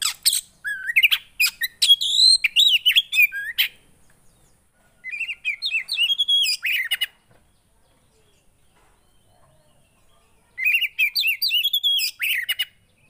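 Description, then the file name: Oriental magpie-robin song in three bursts separated by quiet gaps, each a fast run of whistled slides mixed with sharp clicking and scratchy notes. Kacer song played to provoke a caged kacer, said to make it immediately agitated. "Burung kacer anda langsung emosi dengar ini"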